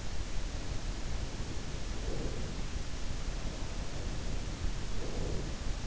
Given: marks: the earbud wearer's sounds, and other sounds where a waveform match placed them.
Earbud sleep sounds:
sounds in sleep by an in-ear microphone; breath
0.63-2.83 s: breath
3.57-5.81 s: breath

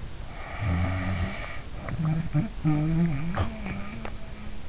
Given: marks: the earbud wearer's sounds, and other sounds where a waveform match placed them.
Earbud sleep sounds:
sounds in sleep by an in-ear microphone; snoring breath
0.24-4.68 s: snoring breath

